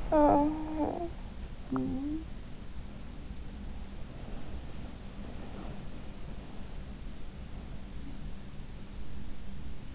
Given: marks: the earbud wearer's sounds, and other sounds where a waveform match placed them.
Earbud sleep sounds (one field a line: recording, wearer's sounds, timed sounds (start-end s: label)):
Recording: sounds in sleep by an in-ear microphone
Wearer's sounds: talking in sleep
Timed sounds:
0.00-2.49 s: talking in sleep